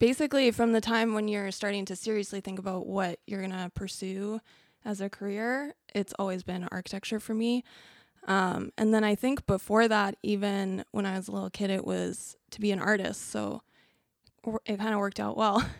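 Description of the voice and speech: One adult woman speaks clearly and fluently in a conversational interview tone, with natural pitch movement, a brief filler "um" and ordinary pauses between phrases. Her voice is clear and steady, with no sign of a voice or speech disorder: typical adult speech.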